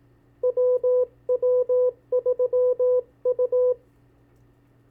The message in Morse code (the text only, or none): WW3U